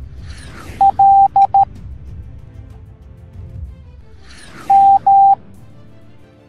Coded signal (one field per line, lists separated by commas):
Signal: Morse code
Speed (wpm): 13 wpm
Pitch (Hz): 790 Hz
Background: music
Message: L M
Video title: Spider Gwen the Ghost Spider Teaching the Morse Code Alphabet Educational Video for Kids